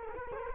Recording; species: mosquito wingbeat signal from an infrared sensor; Culex quinquefasciatus